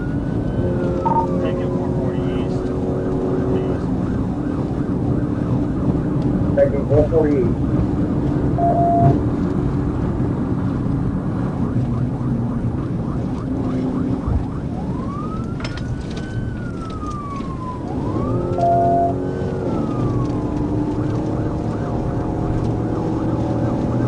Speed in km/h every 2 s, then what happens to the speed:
192, 196, 198, 198, 190, 169, 164, 153, 142, 151, 163, 175.
0-6 speeds up to 198. 6-15 brakes to 142. 15-24 speeds up to 175.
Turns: none.